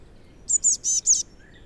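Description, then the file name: Eurasian blue tit: a single quick run of four high, thin, clipped notes over a soft background hiss. "Cyanistes caeruleus"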